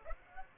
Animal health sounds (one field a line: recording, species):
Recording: mosquito wingbeat signal from an infrared sensor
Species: Aedes aegypti